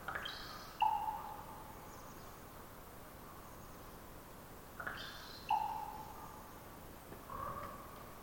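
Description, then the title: Common raven giving its twittery-pop call twice, each a harsh trilled twitter then a pop, with a fainter call at the end over steady background noise. Raven perched about 50 ft up, some distance away, giving its twittery-pop call: a long trilling twitter before the pop; recorded near an oyster hatchery across the bay. "More Raven Twittering-Pop"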